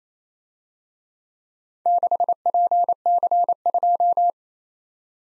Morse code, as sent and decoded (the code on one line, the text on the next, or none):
-.... .--. -.-. ..---
6PC2